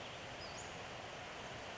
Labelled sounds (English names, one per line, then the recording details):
Western Flycatcher
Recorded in Sonoma County, California